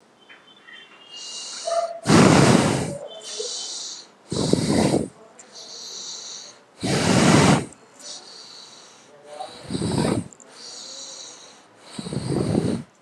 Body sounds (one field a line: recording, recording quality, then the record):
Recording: deep breathing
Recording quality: excellent, no background noise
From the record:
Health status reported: healthy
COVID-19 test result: not tested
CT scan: not taken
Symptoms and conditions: none ticked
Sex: male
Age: 28 years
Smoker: no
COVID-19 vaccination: one dose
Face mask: not worn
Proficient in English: yes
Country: India